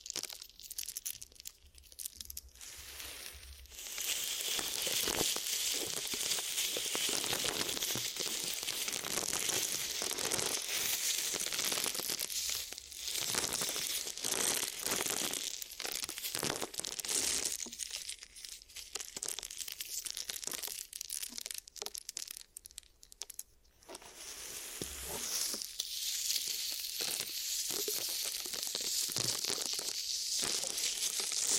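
Glue ear massage and cleaning: dense crinkling, rustling and scratchy rubbing that runs almost continuously, bright and hissy. The texture shifts every second or two with brief dropouts, including a quieter patch around 22 to 24 seconds, before the crackly rubbing resumes.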